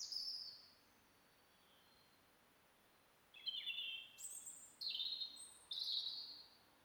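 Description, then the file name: European robin singing thin, high, sustained notes that jump between pitch levels, one brief phrase then several drawn-out phrases after a pause, over faint background hiss. "Erithacus rubecula"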